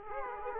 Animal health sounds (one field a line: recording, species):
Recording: mosquito wingbeat signal from an infrared sensor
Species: Aedes aegypti